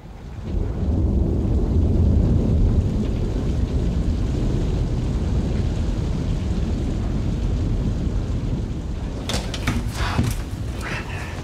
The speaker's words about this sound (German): Aber beeilen Sie sich. Gleich gibt's ein Gewitter.